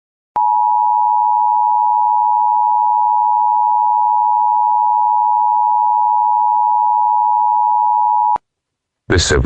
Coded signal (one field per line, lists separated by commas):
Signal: Emergency Alert System (SAME) tones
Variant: 853 and 960 Hz attention tone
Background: speech